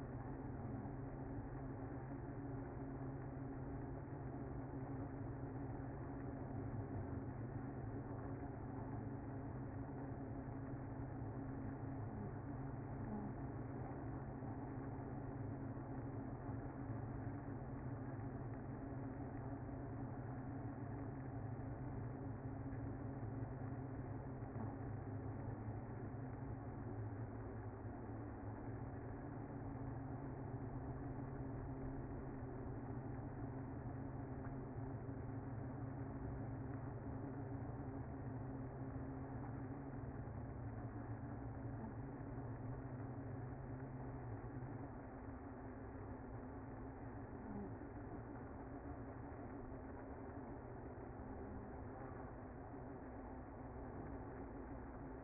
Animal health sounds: honeybee colony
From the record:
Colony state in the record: active

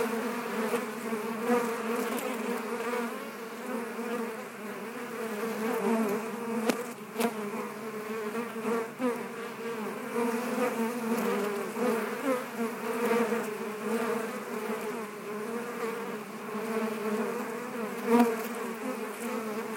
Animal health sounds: honeybee colony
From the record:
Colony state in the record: active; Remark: normal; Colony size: 10,000 bees

